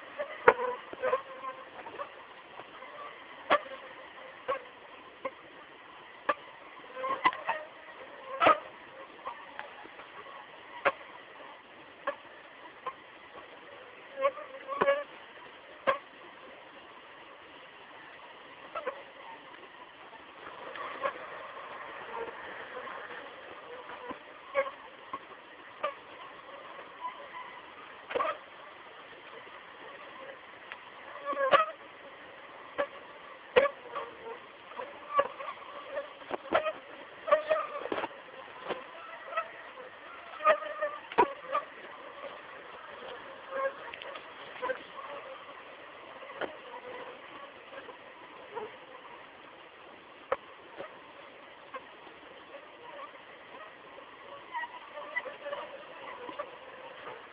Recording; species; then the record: mosquito flight sound by mobile phone; Aedes aegypti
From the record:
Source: Auburn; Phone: Samsung T209